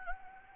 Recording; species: mosquito wingbeat signal from an infrared sensor; Anopheles gambiae